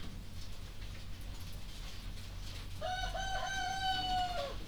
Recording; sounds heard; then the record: poultry house recording; healthy chickens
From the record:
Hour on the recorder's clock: 2